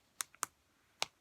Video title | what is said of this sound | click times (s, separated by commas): Smitty Snap Towel. Helpful Heifer pattern from @thequiltedcow. | and now there it go snaps into place | 0.4 s, 1.0 s